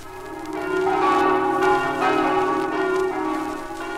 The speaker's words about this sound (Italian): Gli squilli delle campane che si dilatano sino all'opposta sponda del Tagliamento, sino alle luci di Gemona, annunziano il giorno del Signore e del riposo.